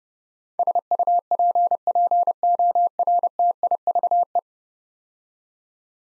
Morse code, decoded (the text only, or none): SUPPORTIVE